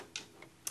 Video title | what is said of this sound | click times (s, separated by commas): Sewing Machine Demo: baby lock BLR machine | then we're going to slide this in place until it snaps. | 0.2 s, 0.7 s